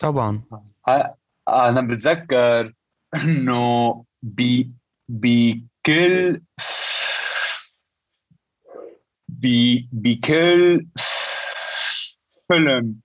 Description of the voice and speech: A lifelong stutterer. After avoiding speaking almost entirely for more than 25 years due to a debilitating stutter.